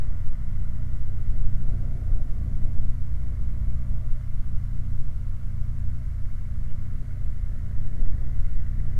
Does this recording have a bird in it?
no